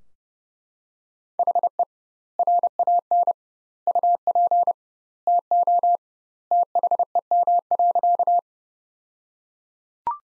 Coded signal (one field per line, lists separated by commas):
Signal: Morse code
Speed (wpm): 32 wpm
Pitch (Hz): 700 Hz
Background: none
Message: HE RAN UP TO THEM.